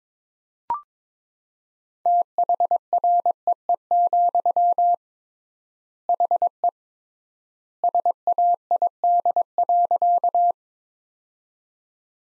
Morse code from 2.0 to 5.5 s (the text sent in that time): THREE,